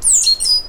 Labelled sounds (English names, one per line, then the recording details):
Stitchbird song
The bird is a male
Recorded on Tiritiri Matangi Island, New Zealand, in 2005
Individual 12, of nest box 16